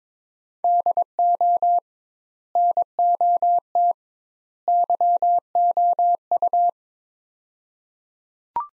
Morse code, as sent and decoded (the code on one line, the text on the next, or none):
-.. --- / -. --- - / -.-- --- ..-
DO NOT YOU